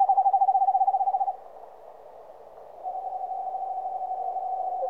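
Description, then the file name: Eastern screech owl giving a quick pulsed whistled trill, then after a short gap a long even monotone trill held to the end. "Digiffects Sound Effects Library - Eastern Screech Owl"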